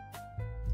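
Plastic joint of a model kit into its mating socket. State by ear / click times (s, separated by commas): not seated / none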